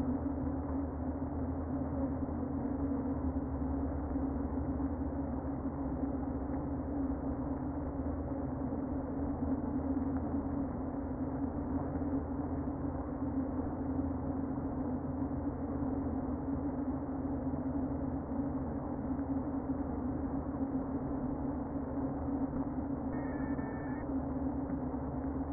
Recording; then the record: honeybee colony, microphone inside the hive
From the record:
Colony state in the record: queen present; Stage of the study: before two queens were removed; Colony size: about 60,000 bees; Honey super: yes